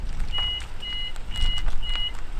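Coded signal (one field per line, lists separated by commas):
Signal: none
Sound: vehicle warning beeps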